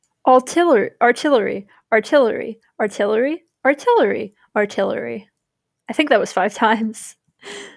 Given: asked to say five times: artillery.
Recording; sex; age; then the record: repeated word; female; 20 to 29 years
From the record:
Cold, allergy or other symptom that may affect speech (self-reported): no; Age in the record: 21 years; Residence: Virginia, United States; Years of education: 16